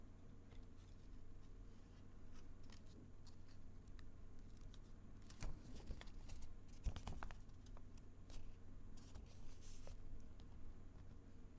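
Light tapping and paper folding over a steady low hum. Sharp, dry clicks come scattered every second or so, thickening into a busier run of crinkly taps and rustles between about five and eight seconds, then thinning out again toward the end.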